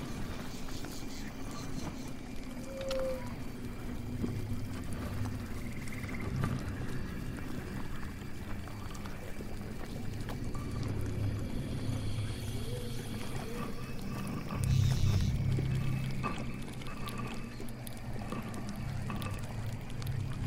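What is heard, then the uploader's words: A swamp house ambience of steady low rumble and murmur, with scattered clicks and creaks and a louder, brighter swell around fifteen seconds. Witch's swamp house ambience.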